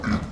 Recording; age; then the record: pig call; growing-finishing pig (85 days or more)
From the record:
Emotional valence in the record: positive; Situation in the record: run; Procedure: transit